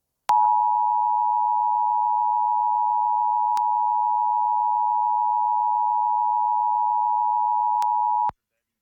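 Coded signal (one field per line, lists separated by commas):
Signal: Emergency Alert System (SAME) tones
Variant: 853 and 960 Hz attention tone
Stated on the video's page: Massachusetts Required Monthly Test and Winter Storm Warning relayed on a TV subchannel, recorded over the air and via a streaming service.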